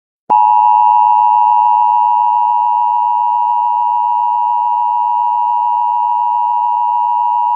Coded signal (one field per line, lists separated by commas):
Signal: Emergency Alert System (SAME) tones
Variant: 853 and 960 Hz attention tone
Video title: The Uprising (EAS Scenario)